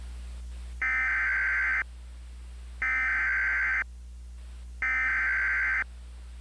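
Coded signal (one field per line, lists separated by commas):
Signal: Emergency Alert System (SAME) tones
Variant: header bursts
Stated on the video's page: Requested mock EAS alert, made with a Keynote-based EAS kit on macOS.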